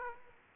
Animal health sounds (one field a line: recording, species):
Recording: mosquito wingbeat signal from an infrared sensor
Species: Aedes aegypti